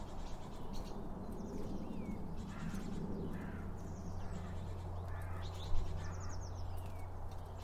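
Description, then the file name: Birds chirping and whistling, including curling notes and quick high trills, over a steady low-frequency drone. Birds around a bird feeder, recorded with two Line Audio OM 1 microphones. "Birds Around Birdfeeding With Two Om 1 From Line Audio"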